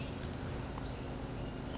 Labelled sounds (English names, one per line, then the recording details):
Western Flycatcher
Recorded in Sonoma County, California